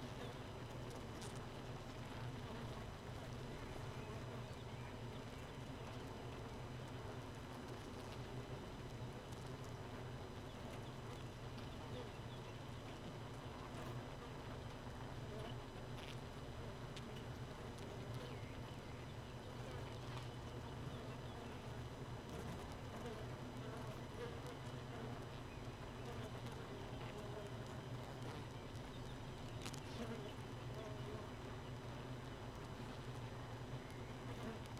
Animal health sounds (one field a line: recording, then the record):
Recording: honeybee colony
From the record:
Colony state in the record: missing queen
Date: 31 May 2018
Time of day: 4:10